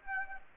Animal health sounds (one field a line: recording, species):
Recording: mosquito wingbeat signal from an infrared sensor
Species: Aedes aegypti